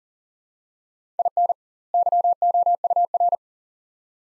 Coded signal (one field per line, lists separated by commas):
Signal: Morse code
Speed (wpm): 40 wpm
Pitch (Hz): 700 Hz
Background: none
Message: IN YOUR